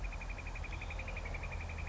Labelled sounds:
Northern Flicker
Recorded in Sonoma County, California

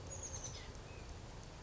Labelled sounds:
Oak Titmouse
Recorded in Sonoma County, California

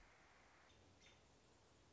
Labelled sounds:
American Robin
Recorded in Sonoma County, California

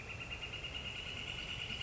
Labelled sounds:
Northern Flicker
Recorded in Sonoma County, California

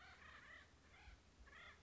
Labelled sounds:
Acorn Woodpecker
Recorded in Sonoma County, California

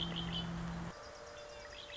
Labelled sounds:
Red-winged Blackbird
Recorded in Sonoma County, California

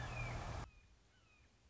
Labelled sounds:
Red-shouldered Hawk
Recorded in Sonoma County, California

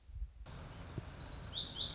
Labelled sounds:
Lazuli Bunting
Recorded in Sonoma County, California

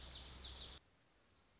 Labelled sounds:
Lazuli Bunting
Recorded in Sonoma County, California

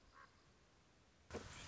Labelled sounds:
Common Raven
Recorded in Sonoma County, California

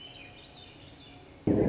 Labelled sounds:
Swainson's Thrush
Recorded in Sonoma County, California

